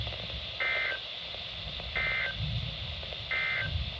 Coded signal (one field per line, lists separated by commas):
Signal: Emergency Alert System (SAME) tones